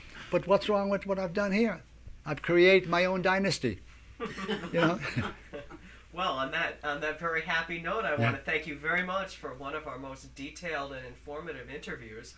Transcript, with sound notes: But what's wrong with what I've done here? I've created my own dynasty, you know. (everyone laughs)
Well, on that very happy note I want to thank you very much for one of our most detailed and informative interviews.